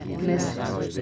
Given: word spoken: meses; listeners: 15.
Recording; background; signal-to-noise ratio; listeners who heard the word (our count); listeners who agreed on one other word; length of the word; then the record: one Spanish word in noise, from a listening test; eight-talker babble; -2.1 dB; 1 of 15; 7 of 15; 0.62 s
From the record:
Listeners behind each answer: 7, 1, 1, 1, 1, 1, 1, 1, 1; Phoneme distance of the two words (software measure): 17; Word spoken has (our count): 2 syllables, 5 phonemes, stress on syllable 1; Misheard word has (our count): 2 syllables, 4 phonemes, stress on syllable 1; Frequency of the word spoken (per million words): 273.01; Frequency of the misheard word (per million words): 141.30